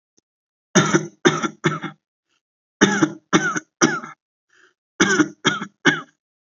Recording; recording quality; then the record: heavy voluntary cough; excellent, no background noise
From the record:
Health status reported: healthy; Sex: male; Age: 22 years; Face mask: not worn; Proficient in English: yes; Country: India